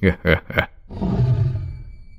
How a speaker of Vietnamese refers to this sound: Con hổ gầm lên một tiếng thật lớn, nó quay lưng đi vào trong bóng tối.